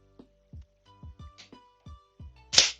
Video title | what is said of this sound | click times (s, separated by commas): FIRST TIME PC BUILD! Live Stream | should just snap into place | 2.6 s